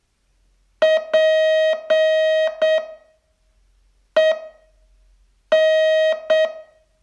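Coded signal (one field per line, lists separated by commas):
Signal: Morse code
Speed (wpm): 7 wpm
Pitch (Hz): 630 Hz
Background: none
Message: PEN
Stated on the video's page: Morse training test, day 28 of a 42-day learning course.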